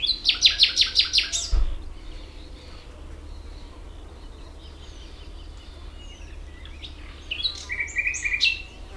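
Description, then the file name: Common nightingale song: a fast, loud, rattling series of repeated notes, a long pause, then a softer phrase of varied whistles and chirps. "nightingale"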